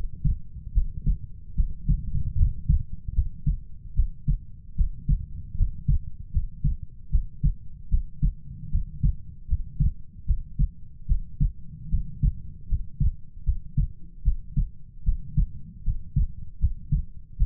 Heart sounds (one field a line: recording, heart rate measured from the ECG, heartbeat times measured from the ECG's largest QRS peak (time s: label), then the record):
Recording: heart sounds by stethoscope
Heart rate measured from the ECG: 76 bpm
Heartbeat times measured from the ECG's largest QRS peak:
0.72 s: heartbeat
1.55 s: heartbeat
2.36 s: heartbeat
3.13 s: heartbeat
3.94 s: heartbeat
4.75 s: heartbeat
5.55 s: heartbeat
6.31 s: heartbeat
7.10 s: heartbeat
7.89 s: heartbeat
8.70 s: heartbeat
9.47 s: heartbeat
10.25 s: heartbeat
11.06 s: heartbeat
11.89 s: heartbeat
12.67 s: heartbeat
13.44 s: heartbeat
14.23 s: heartbeat
15.03 s: heartbeat
15.83 s: heartbeat
16.58 s: heartbeat
17.37 s: heartbeat
From the record:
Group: healthy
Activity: rest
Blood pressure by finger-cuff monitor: 99/59 mmHg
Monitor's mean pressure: 72 mmHg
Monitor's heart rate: 76 bpm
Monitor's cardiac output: 6.6 L/min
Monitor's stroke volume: 87 mL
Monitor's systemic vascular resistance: 790 dyn s/cm5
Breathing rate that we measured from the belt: 18 breaths a minute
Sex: female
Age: 19 years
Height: 163 cm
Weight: 48.9 kg